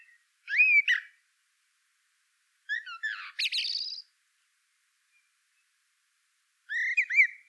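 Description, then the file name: Common blackbird calling in three separate bursts of rising, squeaky whistled notes, the middle burst ending in a higher shrill chatter, with long quiet gaps. "Turdus merula"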